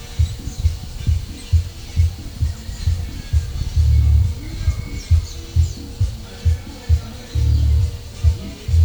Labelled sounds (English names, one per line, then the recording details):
none
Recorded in pastures near Puerto Asís, Putumayo, Colombia, on 22 December 2024 at 13:00
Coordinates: 0.497, -76.327
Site G088